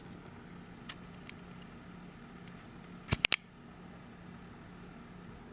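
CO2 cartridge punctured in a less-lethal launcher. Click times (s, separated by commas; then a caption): 3.2 s, 3.3 s. With no magazine in, the trigger of a Byrna CL less-lethal launcher is pulled about halfway until the mechanism clicks and punctures the CO2 cartridge, with the mic held close. Faint ticks at 0.9 and 1.3 s come before a sharp double click at about 3.3 s over a low steady hum. The cartridge is punctured and the launcher is fully pressurized.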